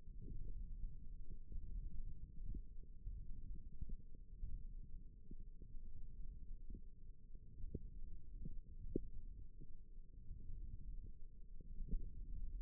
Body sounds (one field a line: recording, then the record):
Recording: forearm muscle sounds (acoustic myography)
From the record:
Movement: thumb flexion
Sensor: system 1, eight BSWA MPA416 microphones around the upper forearm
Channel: 2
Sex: female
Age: 22 years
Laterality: right